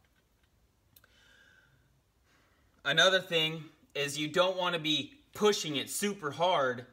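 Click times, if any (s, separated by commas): 1.0 s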